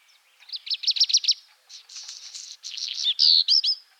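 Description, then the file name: Black redstart singing a high, hurried phrase: a quick rattle of repeated notes, then a scratchy crackling stretch and a few brighter whistled notes at the end. Subspecies gibraltariensis. "Phoenicurus ochruros gibraltariensis"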